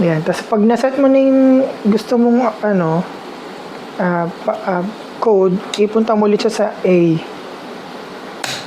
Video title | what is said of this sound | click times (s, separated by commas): Cabin Pro Lightweight - Carry On Luggage - 20 inch - Amazon.ae | Ayun. So, pag nag-click na, okay na siya. | 8.4 s